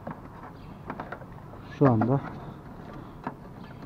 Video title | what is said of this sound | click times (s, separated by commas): RENAULT FLUENCE ÖN FAR GRUBU LED AMPUL UYGULAMASI | oturdu Herhangi bir sıkıntı yok zaten tık sesinde duydum ben sizi | 3.3 s